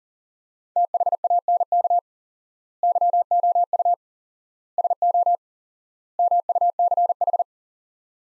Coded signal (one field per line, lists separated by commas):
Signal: Morse code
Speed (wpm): 40 wpm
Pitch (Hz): 700 Hz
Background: none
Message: THANK YOU SO MUCH